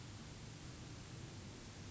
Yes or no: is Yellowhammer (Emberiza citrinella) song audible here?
no